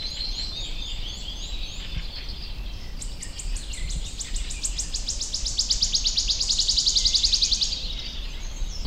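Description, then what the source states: Wood Warbler song: spaced ticking notes quicken into a shimmering, high trill that swells. Heard in May just after sunrise while walking toward a bird tower at Sylvöjärvi lakeshore, Nastola, Finland; easy to recognise by its sound, and its Finnish name comes from the sound.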